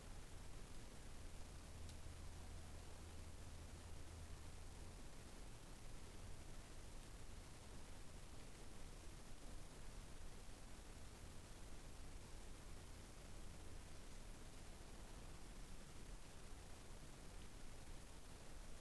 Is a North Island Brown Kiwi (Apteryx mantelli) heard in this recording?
no